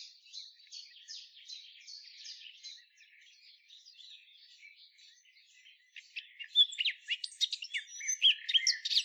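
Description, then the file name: Eurasian blackcap song: a soft series of repeated chattering notes, a quieter stretch, then a louder burst of sharp, varied warbled phrases. "Sylvia atricapilla"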